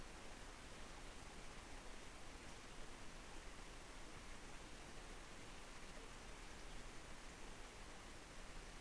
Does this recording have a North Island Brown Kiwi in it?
no